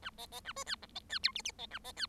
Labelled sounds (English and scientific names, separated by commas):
Bengalese Finch (Lonchura striata domestica) song